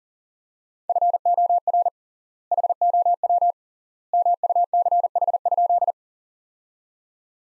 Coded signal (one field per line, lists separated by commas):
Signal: Morse code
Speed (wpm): 40 wpm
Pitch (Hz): 700 Hz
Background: none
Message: FOR HOW MUCH?